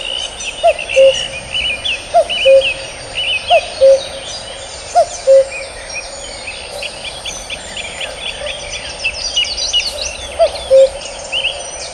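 Cuckoo giving its low two-note cu-coo four times in quick succession, then once more after a long pause, while other small birds chirp and twitter in the background.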